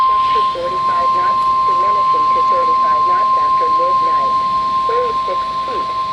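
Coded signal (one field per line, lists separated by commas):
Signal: Emergency Alert System (SAME) tones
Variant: 1050 Hz attention tone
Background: speech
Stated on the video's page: Two back-to-back Flood Warnings recorded from a Midland WR-100 weather radio.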